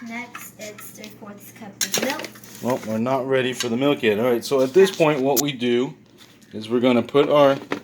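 Someone talks while a food processor bowl is handled toward its motor base, with light clinking and knocking of dishes and utensils in the background. Nothing has seated or clicked yet; the bowl has not locked onto the base by the end of the clip.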